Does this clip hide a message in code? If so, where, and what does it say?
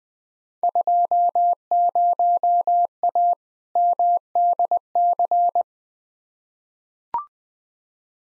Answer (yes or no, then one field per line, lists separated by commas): yes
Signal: Morse code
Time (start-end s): 0.6-5.6 s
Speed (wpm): 20 wpm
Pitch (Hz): 700 Hz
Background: none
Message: 20A MDC